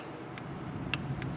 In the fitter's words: that's it. That's all you get. A little click. Torque wrench is telling you that it's tight enough.